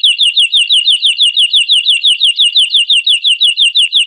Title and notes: PANCINGAN SUARA MASTERAN KENARI BIKIN BURUNG MAKIN MENGGILA. masteran kicau kenari